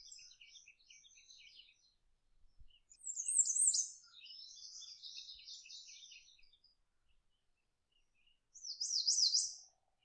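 Bird song of high, quick twittering phrases with thin buzzy trills and a louder zigzag warble repeated twice, set against a quiet background.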